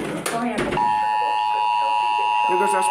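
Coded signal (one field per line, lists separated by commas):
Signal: Emergency Alert System (SAME) tones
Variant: 853 and 960 Hz attention tone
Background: speech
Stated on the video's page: Thunderstorm-related EAS alerts.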